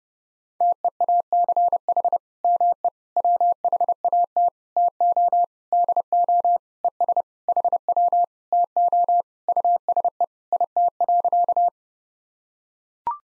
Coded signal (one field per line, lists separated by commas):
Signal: Morse code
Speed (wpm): 28 wpm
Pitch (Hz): 700 Hz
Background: none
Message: TEACH ME WHAT TO DO ES HW TO USE IT.